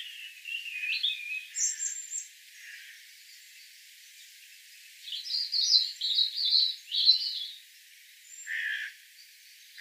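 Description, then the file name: European robin song: high, varied warbling phrases in a few bursts separated by quiet gaps. "Erithacus rubecula"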